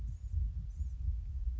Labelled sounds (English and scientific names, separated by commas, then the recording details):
Blue-gray Gnatcatcher (Polioptila caerulea)
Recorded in Sonoma County, California